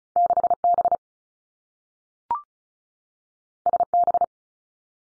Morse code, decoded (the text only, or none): 6 B S B